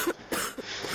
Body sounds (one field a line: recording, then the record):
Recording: coughing mixed with background sound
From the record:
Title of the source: 30 Chesty and wet cough